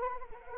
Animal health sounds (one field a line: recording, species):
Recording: mosquito wingbeat signal from an infrared sensor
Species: Anopheles arabiensis